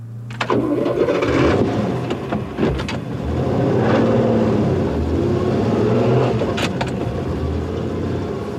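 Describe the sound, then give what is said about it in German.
A car engine cranks and catches with a few sharp clicks, then settles into a steady, low rumble that swells as the vehicle pulls away, with no voices present. “Das war der Wagen, auf den ich gewartet habe.”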